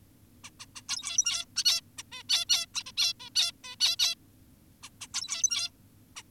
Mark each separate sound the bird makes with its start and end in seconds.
0.44-0.50, 0.60-0.66, 0.76-0.82, 0.89-1.45, 1.56-1.64, 1.65-1.81, 1.98-2.03, 2.12-2.23, 2.30-2.45, 2.49-2.66, 2.74-2.83, 2.86-2.92, 2.98-3.13, 3.20-3.30, 3.36-3.52, 3.64-3.76, 3.80-3.96, 3.99-4.15, 4.83-4.90, 5.01-5.07, 5.14-5.70, 6.16-6.23